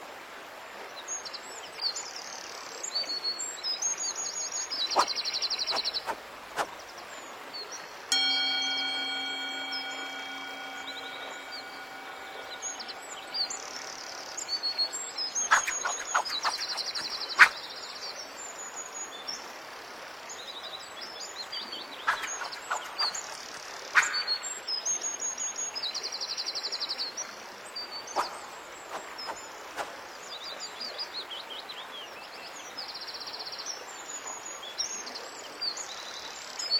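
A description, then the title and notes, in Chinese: A mountain-stream ambience: a steady wash of running water with bright bird chirps recurring throughout. Around eight seconds a clear ringing tone, like a struck bell, sustains for several seconds, followed by sharp metallic clicks near fifteen to seventeen seconds. 白噪音 中国风 高山流水 武侠练剑修仙氛围。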